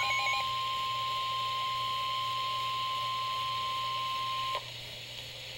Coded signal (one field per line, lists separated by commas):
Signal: Emergency Alert System (SAME) tones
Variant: 1050 Hz attention tone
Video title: NOAA - Real EAS #135